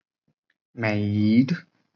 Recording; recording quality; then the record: sustained vowel as in made; poor, much background noise or distortion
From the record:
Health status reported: COVID-19 positive, mild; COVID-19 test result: positive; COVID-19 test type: RT-PCR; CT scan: not taken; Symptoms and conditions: cough, cold, fatigue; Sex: male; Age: 39 years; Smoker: no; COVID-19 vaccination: both doses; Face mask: worn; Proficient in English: yes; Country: India